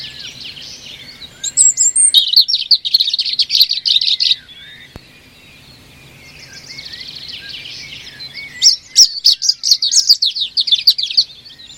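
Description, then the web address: European robin singing in phrases of high, rapid, jangling notes and thin whistles, with a quieter stretch of faint warbling between them. "Deverinetal 2025"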